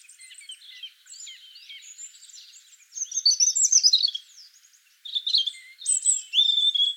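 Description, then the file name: European robin delivering rapid high twittering phrases, first soft, then louder bursts of slurred, tinkling notes with short gaps between. "Erithacus rubecula"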